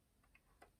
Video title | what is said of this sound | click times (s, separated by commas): Review AUTOart 1/18 - Porsche 911 964 Carrera RS | one cool thing is there is a little click that keep it in place. | 0.3 s, 0.6 s